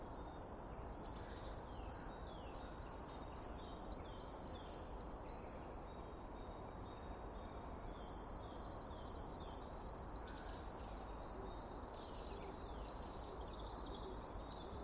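Bird song: rapid high chirping notes repeated several times a second, with brief higher sweeping calls, over steady low background hiss.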